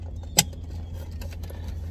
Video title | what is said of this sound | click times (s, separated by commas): JEEP GRAND CHEROKEE WJ EVIC SWAP & REAR VIEW MIRROR UPGRADE | there we go clicks right in | 0.4 s